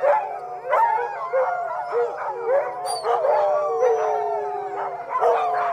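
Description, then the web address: Dogs in a group producing overlapping high whines and howls, sliding pitches interrupted by short barks and yelps. Several dogs whining and barking. "plusieurs chiens qui gemissent et aboient"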